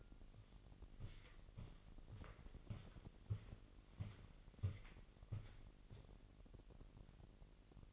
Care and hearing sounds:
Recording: daily activity, microphone in the room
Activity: walk to room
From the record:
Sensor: 4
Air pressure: 1002.9 hPa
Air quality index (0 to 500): 250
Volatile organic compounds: 11 ppm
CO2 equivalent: 2306 ppm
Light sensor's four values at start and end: 10/23/9/9 and 9/22/9/9

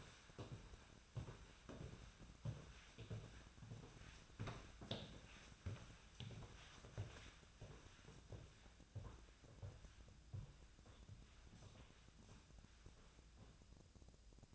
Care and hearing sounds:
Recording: daily activity, microphone in the room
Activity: walk to room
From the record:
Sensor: 2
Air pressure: 1010.0 hPa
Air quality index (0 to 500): 175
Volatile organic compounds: 9 ppm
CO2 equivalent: 2189 ppm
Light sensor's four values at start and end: 35/85/37/41 and 36/88/38/42

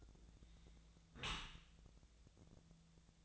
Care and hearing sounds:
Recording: daily activity, microphone in the room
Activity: close dishwasher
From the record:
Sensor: 3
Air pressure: 1000.5 hPa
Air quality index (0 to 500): 175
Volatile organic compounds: 3 ppm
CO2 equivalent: 1511 ppm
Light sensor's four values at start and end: 14/36/14/16 and 14/36/14/16

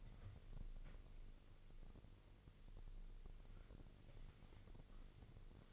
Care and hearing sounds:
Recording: daily activity, microphone in the room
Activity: wipe stove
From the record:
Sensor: 4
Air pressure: 1002.4 hPa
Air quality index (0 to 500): 216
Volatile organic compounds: 12 ppm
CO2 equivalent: 2330 ppm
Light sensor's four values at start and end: 19/67/24/24 and 19/67/24/24

